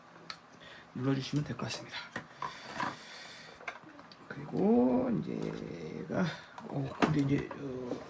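A plastic side mirror trim part is pressed into the mirror housing during reassembly of a Trax Crossover side mirror, and it seats with a single sharp click at 0.3 s. Someone talks through the rest of the clip, with a few more light taps around 2.5 s and between 3.7 and 4.1 s.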